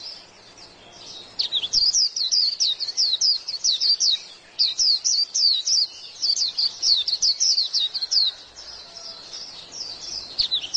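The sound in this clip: White-eye delivering a fast, sustained stream of sharp, high twittering notes, several per second, with slight pauses between phrases.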